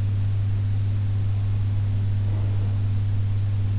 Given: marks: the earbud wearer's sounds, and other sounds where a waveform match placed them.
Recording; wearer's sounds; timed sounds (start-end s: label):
sounds in sleep by an in-ear microphone; breath
1.69-3.69 s: breath